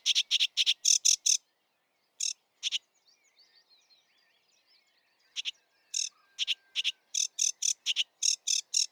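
Sedge warbler song: fast bursts of rasping chatter, then a pause filled with soft faint twitters, before the harsh repeated notes resume.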